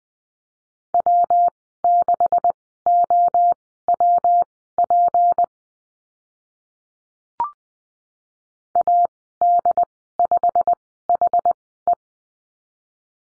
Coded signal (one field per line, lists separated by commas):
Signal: Morse code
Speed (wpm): 20 wpm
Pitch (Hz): 700 Hz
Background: none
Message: W6OWP AD5HE